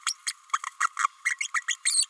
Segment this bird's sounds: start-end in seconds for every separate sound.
0.06-0.14, 0.27-0.33, 0.80-0.88, 0.99-1.07, 1.24-1.37, 1.40-1.48, 1.54-1.62, 1.68-1.75, 1.85-2.06